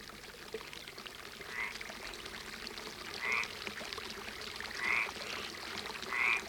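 Frogs give short, repeated croaks at a water basin in the fields below a château park near Puy-Ricard, Provence, on a summer evening: four brief calls spaced a second or two apart over a steady wash of trickling water and insect-like hiss.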